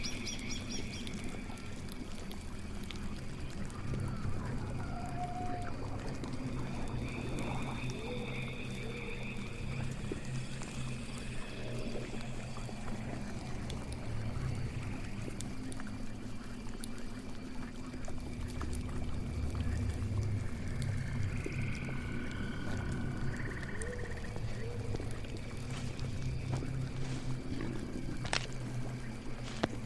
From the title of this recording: Witch's swamp house ambience